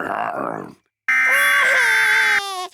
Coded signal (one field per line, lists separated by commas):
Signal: Emergency Alert System (SAME) tones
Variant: header bursts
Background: speech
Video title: Peppa Pig Crying Compilation with EAS Alarm